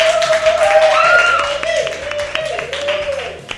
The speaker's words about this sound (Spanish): Aprovechando su estancia en España, le hemos invitado a nuestro programa. Así que un fuerte aplauso a Mickey Mouse.